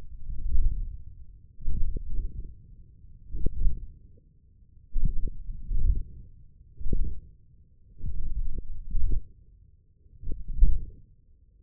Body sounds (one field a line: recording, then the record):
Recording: forearm muscle sounds (acoustic myography)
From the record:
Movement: ulnar deviation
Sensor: system 1, eight BSWA MPA416 microphones around the upper forearm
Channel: 5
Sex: male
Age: 20 years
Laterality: left